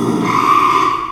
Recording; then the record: squeal of a Yucatan mini pig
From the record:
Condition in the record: after surgery on the right vocal fold (resection and tissue-engineered implant); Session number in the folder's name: 1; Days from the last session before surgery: 6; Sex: male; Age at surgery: 12 weeks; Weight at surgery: 13 kg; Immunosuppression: cyclosporine, prednisolone